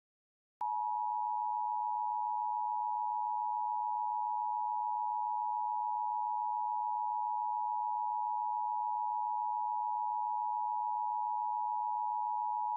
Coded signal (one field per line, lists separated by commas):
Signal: Emergency Alert System (SAME) tones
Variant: 853 and 960 Hz attention tone